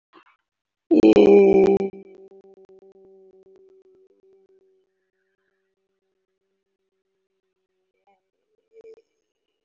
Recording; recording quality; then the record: sustained vowel as in made; poor, much background noise or distortion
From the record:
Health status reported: healthy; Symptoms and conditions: diabetes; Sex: female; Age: 46 years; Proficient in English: yes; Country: India